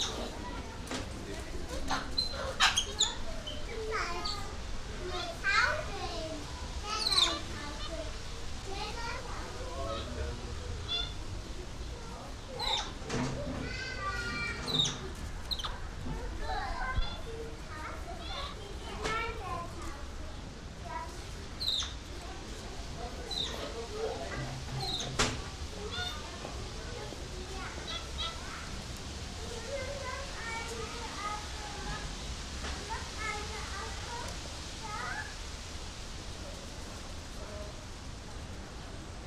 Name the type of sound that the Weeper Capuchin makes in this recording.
call